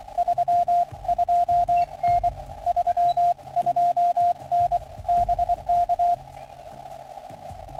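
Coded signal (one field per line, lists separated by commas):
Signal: Morse code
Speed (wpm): 23 wpm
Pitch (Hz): 700 Hz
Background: none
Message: 32N 32N BK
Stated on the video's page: Parks on the Air activation with an FDX10, Palomar Bullet 71ft end-fed antenna and MFJ-16010 manual tuner.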